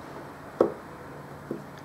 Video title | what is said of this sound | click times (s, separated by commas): Tutorial — Adaptive Carbine Rubber Band Gun | when when the screw drops down and makes a click sound like this | 0.6 s